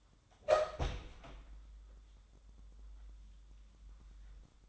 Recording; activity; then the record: daily activity, microphone in the room; open door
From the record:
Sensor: 3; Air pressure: 1004.9 hPa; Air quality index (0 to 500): 68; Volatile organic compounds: 2 ppm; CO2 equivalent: 1012 ppm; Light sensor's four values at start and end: 9/20/8/8 and 9/21/8/8